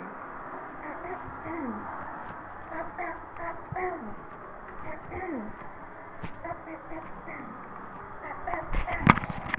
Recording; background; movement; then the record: throat clearing; traffic; walking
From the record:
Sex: female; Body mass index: 18.8 kg/m2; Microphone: on the chest, facing the body